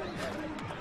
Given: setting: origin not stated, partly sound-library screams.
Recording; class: one-second piece from a danger detection set; normal situation